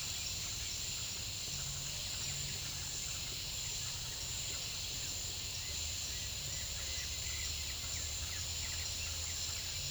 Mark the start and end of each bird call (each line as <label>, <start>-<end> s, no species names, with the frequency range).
bird call (1.2-2.9 kHz), 5.63-9.91 s